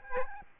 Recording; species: mosquito wingbeat signal from an infrared sensor; Aedes albopictus